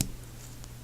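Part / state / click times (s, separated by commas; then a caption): figure head joint rotating into the toy's body / seated / 0.0 s. A small plastic toy figure's head is swung around during its transformation, and the head joint rotates into the toy's body with a sharp, small click at 0.0 s, seating it in its new position. A fainter tick follows at about 0.6 s over a steady low hum.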